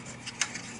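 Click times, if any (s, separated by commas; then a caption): 0.4 s. The spring-loaded plastic ink stop in the solid-ink loading tray of a Xerox ColorQube 8570/8580 color printer is moved and let go, so it snaps back into place. A sharp click at 0.4 s marks it seating, with fainter ticks just before and after against low background noise. This is the same click heard when loading ink.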